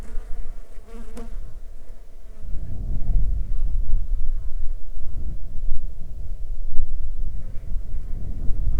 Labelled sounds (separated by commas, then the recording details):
wind, insects
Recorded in the Arctic National Wildlife Refuge, Alaska, on 9 July 2019 at 08:56
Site 35